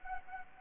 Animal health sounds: mosquito wingbeat signal from an infrared sensor; Anopheles gambiae

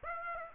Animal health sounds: mosquito wingbeat signal from an infrared sensor; Aedes aegypti

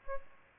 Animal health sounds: mosquito wingbeat signal from an infrared sensor; Aedes aegypti

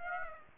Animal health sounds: mosquito wingbeat signal from an infrared sensor; Aedes aegypti

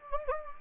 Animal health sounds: mosquito wingbeat signal from an infrared sensor; Anopheles gambiae

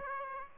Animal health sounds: mosquito wingbeat signal from an infrared sensor; Aedes aegypti

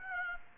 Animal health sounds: mosquito wingbeat signal from an infrared sensor; Aedes aegypti

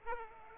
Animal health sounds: mosquito wingbeat signal from an infrared sensor; Culex pipiens

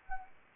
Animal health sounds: mosquito wingbeat signal from an infrared sensor; Anopheles arabiensis

